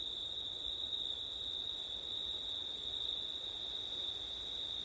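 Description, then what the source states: Cricket chorus as a constant high-pitched ringing trill, even and unchanging from start to end, over faint hiss. Crickets on a September night with wind; recorded with ortif setup.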